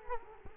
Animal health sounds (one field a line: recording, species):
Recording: mosquito wingbeat signal from an infrared sensor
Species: Culex quinquefasciatus